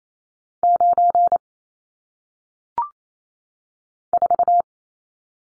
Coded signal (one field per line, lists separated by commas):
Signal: Morse code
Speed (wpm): 28 wpm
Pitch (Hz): 700 Hz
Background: none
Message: 9 4